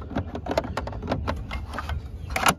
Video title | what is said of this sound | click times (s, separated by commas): How To Use Second Battery 🔋 On Ryobi Electric ⚡️ Lawn Mower | push it down and you hear a click now here's the kicker | 2.4 s, 2.5 s